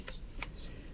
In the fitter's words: Clicks in place